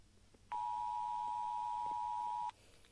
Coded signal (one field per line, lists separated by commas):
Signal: Emergency Alert System (SAME) tones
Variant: 853 and 960 Hz attention tone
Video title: Rating EAS alarm(by how scary they are) for no reason